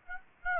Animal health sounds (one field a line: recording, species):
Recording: mosquito wingbeat signal from an infrared sensor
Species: Aedes aegypti